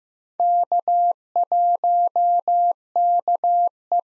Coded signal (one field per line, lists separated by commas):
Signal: Morse code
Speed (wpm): 15 wpm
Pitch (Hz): 700 Hz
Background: none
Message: K1KE